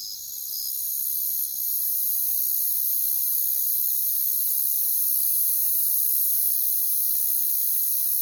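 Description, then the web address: Crickets trilling together in an unbroken shrill wash, rising slightly in loudness at the start and then holding steady. "ENTER Music and Audio J - Nature Songs Nature Sounds Sounds of Nature Collection Crickets"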